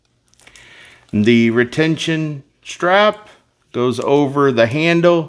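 A retention strap on a knife sheath is brought over the knife handle while someone talks, with a few faint soft clicks of handling near the start. The clip ends before the strap snaps closed, so nothing has seated or clicked yet.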